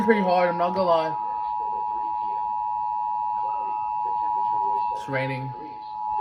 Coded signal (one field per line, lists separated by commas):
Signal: Emergency Alert System (SAME) tones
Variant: 853 and 960 Hz attention tone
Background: speech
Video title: Late Upload THANK YOU Tornado Warning EAS 139